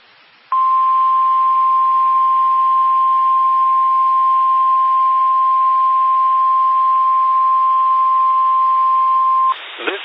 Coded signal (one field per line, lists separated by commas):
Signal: Emergency Alert System (SAME) tones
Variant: 1050 Hz attention tone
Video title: 11/9/22 BOX'S RWT On WXL93 And KEC73 EAS#261-#262